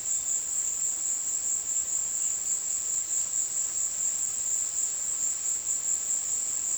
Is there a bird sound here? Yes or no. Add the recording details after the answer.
no. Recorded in secondary vegetation near Puerto Asís, Putumayo, Colombia, on 20 February 2024 at 16:30. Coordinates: 0.472, -76.331. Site G6371